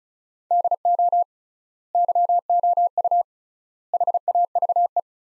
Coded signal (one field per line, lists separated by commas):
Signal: Morse code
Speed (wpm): 36 wpm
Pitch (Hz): 700 Hz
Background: none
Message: DO YOU HAVE